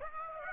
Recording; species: mosquito wingbeat signal from an infrared sensor; Aedes aegypti